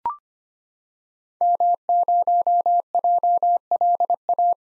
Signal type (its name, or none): Morse code